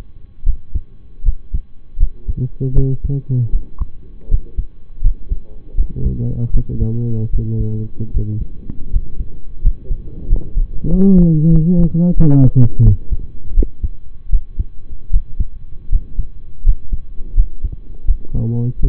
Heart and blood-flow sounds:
heart sounds by stethoscope; between the tricuspid and mitral areas; 82 bpm
0.44 s: heartbeat
1.23 s: heartbeat
1.97 s: heartbeat
2.73 s: heartbeat
3.50 s: heartbeat
4.28 s: heartbeat
5.01 s: heartbeat
5.75 s: heartbeat
6.51 s: heartbeat
7.30 s: heartbeat
8.11 s: heartbeat
8.90 s: heartbeat
9.61 s: heartbeat
10.27 s: heartbeat
10.88 s: heartbeat
11.50 s: heartbeat
12.14 s: heartbeat
12.83 s: heartbeat
13.54 s: heartbeat
14.29 s: heartbeat
15.10 s: heartbeat
15.89 s: heartbeat
16.63 s: heartbeat
17.34 s: heartbeat
18.05 s: heartbeat
18.80 s: heartbeat
From the record:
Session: rest, lying down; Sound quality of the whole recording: partially saturated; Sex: male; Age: 25 years

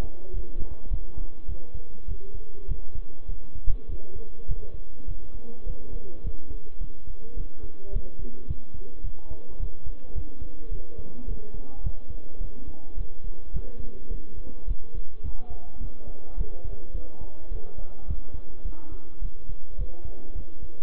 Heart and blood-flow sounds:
heart sounds by stethoscope; between the tricuspid and mitral areas; 105 bpm
0.33 s: heartbeat
0.91 s: heartbeat
1.48 s: heartbeat
2.08 s: heartbeat
2.68 s: heartbeat
3.28 s: heartbeat
3.89 s: heartbeat
4.48 s: heartbeat
5.08 s: heartbeat
5.66 s: heartbeat
6.24 s: heartbeat
6.81 s: heartbeat
7.37 s: heartbeat
7.93 s: heartbeat
8.48 s: heartbeat
9.04 s: heartbeat
9.60 s: heartbeat
10.15 s: heartbeat
10.71 s: heartbeat
11.27 s: heartbeat
11.84 s: heartbeat
12.40 s: heartbeat
12.97 s: heartbeat
13.53 s: heartbeat
14.11 s: heartbeat
14.67 s: heartbeat
15.24 s: heartbeat
15.80 s: heartbeat
16.37 s: heartbeat
16.94 s: heartbeat
17.51 s: heartbeat
18.08 s: heartbeat
18.65 s: heartbeat
19.22 s: heartbeat
19.78 s: heartbeat
20.35 s: heartbeat
From the record:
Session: bicycle stress test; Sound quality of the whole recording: good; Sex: male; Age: 23 years

